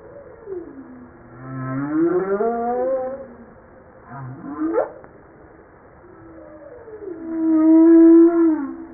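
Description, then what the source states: Humpback whale song mixing a low rising groan, a short upswept whoop, and a long sustained moan that dips at its close. Recorded 5 March 1994.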